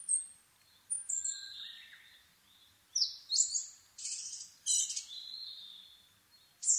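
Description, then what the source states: Asian brown flycatcher song: several short, high, thin twittering phrases in quick bursts, with a lower drawn-out whistle between them, separated by brief pauses. Nikko, Japan, 26 April 2011 at 4:39, 730 m altitude; recorded on a Sony PCM-D50 with Panasonic WM-61A microphone.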